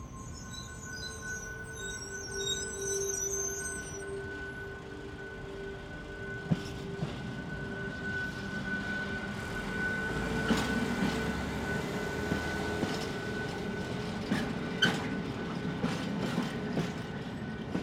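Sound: train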